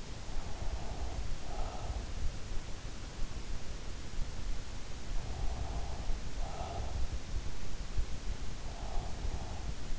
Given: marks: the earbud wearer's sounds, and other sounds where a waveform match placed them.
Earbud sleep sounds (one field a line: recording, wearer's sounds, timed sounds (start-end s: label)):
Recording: sounds in sleep by an in-ear microphone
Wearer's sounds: breath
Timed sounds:
0.00-2.48 s: breath
4.96-7.23 s: breath
8.48-9.94 s: breath